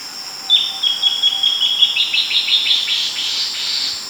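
Bird notes: a series of short, high chips repeated and speeding up into a rapid, buzzy run, with steady high whining insects behind.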